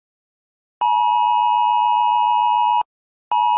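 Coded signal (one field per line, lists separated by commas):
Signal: Emergency Alert System (SAME) tones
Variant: 853 and 960 Hz attention tone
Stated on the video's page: Simulated earthquake alert test on a fictional broadcast network.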